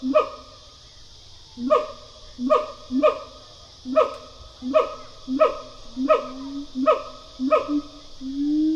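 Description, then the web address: Siamang calls in a series of barking, harmonic notes repeated about every 0.7 seconds, the last one drawn out and rising, over a steady high hiss. Pair call of a siamang, a gibbon. "Sound Effects-Foundation. Animal Gibbon Siamang pair call"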